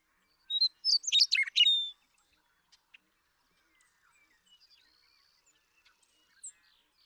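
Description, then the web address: Western meadowlark song: a clear whistled note, then a fast, bubbling burst of liquid notes ending in a drawn-out whistle; faint chirps follow in the quiet. "birdsongforthecurious Western Meadowlark"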